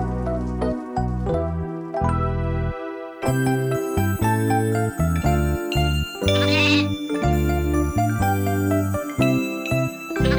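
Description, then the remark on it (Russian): A string of wavering, nasal bleats from a young goat, loud and tonal, repeating in uneven bursts over about ten seconds, with a faint tinkling jingle mixed in. “У меня живет козленок, я сама его пасу.”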